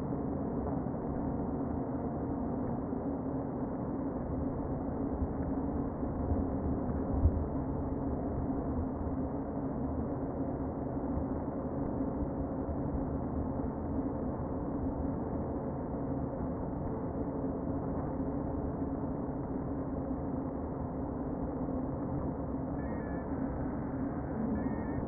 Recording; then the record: honeybee colony, microphone inside the hive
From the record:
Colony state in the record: queen present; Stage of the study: before two queens were removed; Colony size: about 60,000 bees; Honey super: yes